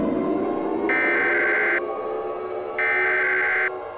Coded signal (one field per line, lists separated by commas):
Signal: Emergency Alert System (SAME) tones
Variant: header bursts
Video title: Hanazuki: Full Of Treasures EAS Scenario - Part 4